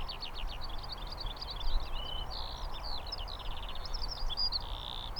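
Lark singing a rapid, unbroken run of chirps, rattling trills and short sustained buzzy notes, with constant low-pitched background rumble.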